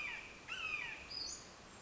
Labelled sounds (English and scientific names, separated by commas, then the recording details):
Western Flycatcher (Empidonax difficilis)
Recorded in Sonoma County, California